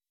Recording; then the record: hydrophone in a shrimp aquaculture tank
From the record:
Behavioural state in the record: weakened